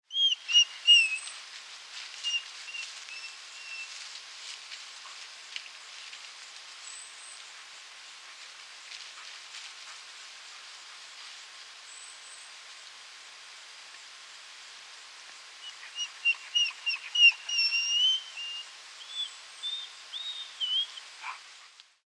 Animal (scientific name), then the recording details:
Canis lupus. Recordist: Frommolt, Karl-Heinz. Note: Fiepen